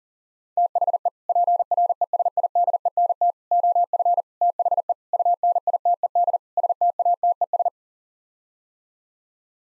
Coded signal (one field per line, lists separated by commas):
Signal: Morse code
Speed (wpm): 38 wpm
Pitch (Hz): 700 Hz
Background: none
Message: THE PRESIDENT OF THE UNITED STATES